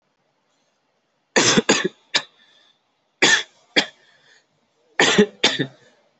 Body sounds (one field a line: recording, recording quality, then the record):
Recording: heavy voluntary cough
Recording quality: excellent, no background noise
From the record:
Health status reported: COVID-19 positive, moderate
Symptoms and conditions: cough, cold, breathing difficulty, sore throat, fever, loss of smell and taste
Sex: male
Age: 23 years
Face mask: not worn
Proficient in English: yes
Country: India